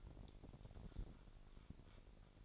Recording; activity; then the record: daily activity, microphone in the room; take from stove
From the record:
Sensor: 5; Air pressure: 1012.1 hPa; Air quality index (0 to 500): 236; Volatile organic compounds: 4 ppm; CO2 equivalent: 1567 ppm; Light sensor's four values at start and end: 44/99/42/45 and 45/102/43/45